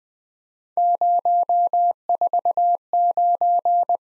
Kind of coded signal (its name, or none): Morse code